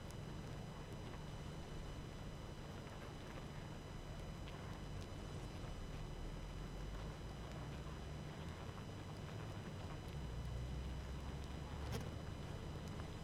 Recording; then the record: honeybee colony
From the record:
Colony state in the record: active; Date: 12 June 2018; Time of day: 21:03